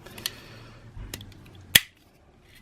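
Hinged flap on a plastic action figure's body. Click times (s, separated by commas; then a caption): 1.8 s. A hinged flap on the body of a plastic Truforce Mega Man X Variant action figure (Kickstarter exclusive) is pushed back in. Faint ticks and handling at about 0.3 s and 1.1 s lead up to one sharp, loud snap at 1.8 s as the panel seats back into place, then near-silence follows.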